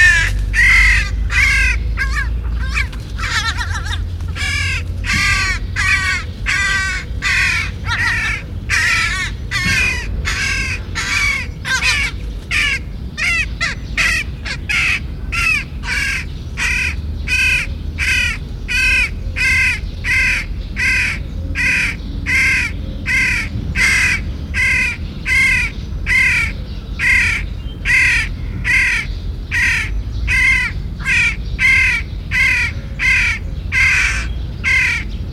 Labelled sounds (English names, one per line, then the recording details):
Rook call
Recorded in the wild
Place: Calafat, Craina Cazanelor, RO
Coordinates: 43.991, 22.933
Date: 1974-05-16
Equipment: Nagra III BH, Sennheiser MD 21, parabola
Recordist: Schubert, Michael
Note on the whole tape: Saatkrähen-Kolonie, Alt- u. fast flügge Vögel, weil derartig konkret u. dicht, aber Stadtlärm